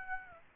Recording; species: mosquito wingbeat signal from an infrared sensor; Aedes aegypti